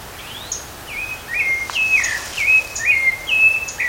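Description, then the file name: Rufous-bellied thrush gives a series of quick falling whistled notes, slightly irregular, building in loudness, with low background noise. Recorded in a park at Canela, Rio Grande do Sul, Brazil, on 30 October 2013. "Turdus-rufiventris-Pq Caracol Canela RS-30-10-13-ASilveira"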